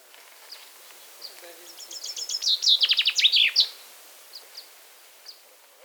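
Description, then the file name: Common chaffinch song: a quick series of bright notes that speeds up and drops in pitch, ending in a short flourish, with a few faint chirps before and after. "Fringilla coelebs"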